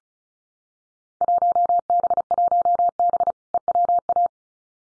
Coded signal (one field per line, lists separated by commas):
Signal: Morse code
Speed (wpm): 34 wpm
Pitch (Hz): 700 Hz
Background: none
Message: 1B1B EWA